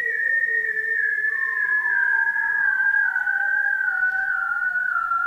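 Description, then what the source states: Bearded seal song: long, clear tones gliding slowly downward, several overlapping bands falling together, steady and loud, with no other sounds. Recorded underwater with a hydrophone; bearded seals are singing louder as underwater industrial noise increases.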